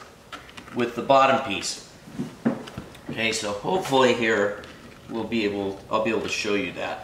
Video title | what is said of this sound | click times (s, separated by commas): How to Install Carbon Fiber Center Console Trim From Extreme Online Store | and it locks into place | 0.3 s, 0.6 s